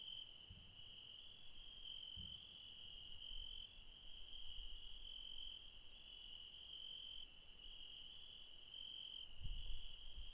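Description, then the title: Insects trill steadily in a high continuous chorus, with a few soft low thumps and faint rumble beneath. Insects late at night in the mountains at Refuge Krevatia, Barbala, near Dion, Greece. "Refuge Krevatia, Μπαρμπαλά, Dion 601 00, Greece - Late night mountain insects"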